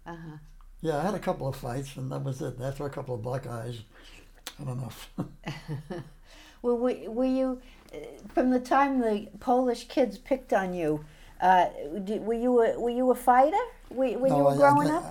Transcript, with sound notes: Uh-huh.
Yeah, I had a couple of fights and that was it. After a couple of black eyes, had enough. [laughter]
Well, w—were you—from the time the Polish kids picked on you, d—were you a—were you a fighter w—when you were growing up?